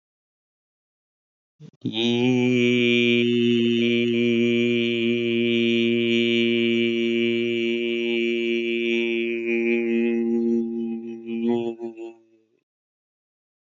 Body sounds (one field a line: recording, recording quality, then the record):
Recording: sustained vowel as in beet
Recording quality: excellent, no background noise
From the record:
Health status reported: healthy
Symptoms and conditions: none ticked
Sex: male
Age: 38 years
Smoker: not ticked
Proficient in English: yes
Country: India